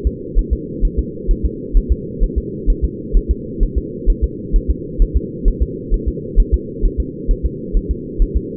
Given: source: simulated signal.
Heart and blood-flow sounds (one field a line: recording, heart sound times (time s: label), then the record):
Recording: fetal heart sounds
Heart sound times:
0.07 s: S2
0.39 s: S1
0.53 s: S2
0.85 s: S1
0.99 s: S2
1.31 s: S1
1.45 s: S2
1.77 s: S1
1.92 s: S2
2.24 s: S1
2.38 s: S2
2.70 s: S1
2.84 s: S2
3.17 s: S1
3.31 s: S2
3.63 s: S1
3.78 s: S2
4.10 s: S1
4.24 s: S2
4.56 s: S1
4.70 s: S2
5.02 s: S1
5.17 s: S2
5.48 s: S1
5.62 s: S2
5.94 s: S1
6.08 s: S2
6.40 s: S1
6.54 s: S2
6.85 s: S1
7.00 s: S2
7.31 s: S1
7.45 s: S2
7.77 s: S1
7.91 s: S2
8.22 s: S1
8.37 s: S2
From the record:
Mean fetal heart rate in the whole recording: 130 bpm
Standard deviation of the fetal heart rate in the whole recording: 2 bpm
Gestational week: 38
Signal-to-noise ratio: -4.1 dB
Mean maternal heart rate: no maternal heart sound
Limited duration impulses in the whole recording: absent